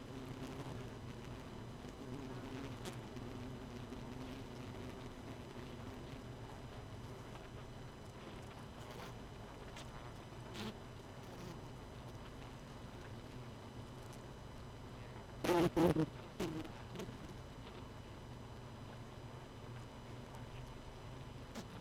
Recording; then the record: honeybee colony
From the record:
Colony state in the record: missing queen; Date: 31 May 2018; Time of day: 0:09